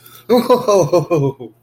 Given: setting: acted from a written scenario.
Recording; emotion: vocal sound without words; elation